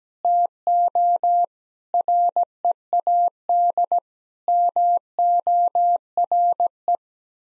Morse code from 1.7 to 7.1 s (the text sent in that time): READ MORE